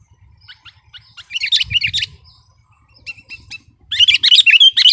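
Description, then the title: Sooty-headed bulbul with soft clicking notes, then a burst of lively warbling, a pause with a few faint notes, and a final loud bubbly phrase. "kutilang"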